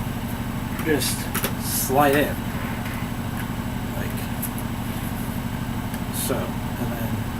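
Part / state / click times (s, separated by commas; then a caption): detachable controller onto console rail / not seated / none. A plastic detachable controller is handled and slid onto a console rail, but it has not gone home and nothing has clicked or seated yet. Someone talks over a steady low hum, with a few brief soft noises of handling.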